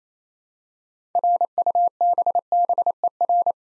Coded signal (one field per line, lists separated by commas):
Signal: Morse code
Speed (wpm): 29 wpm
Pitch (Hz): 700 Hz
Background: none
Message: RUBBER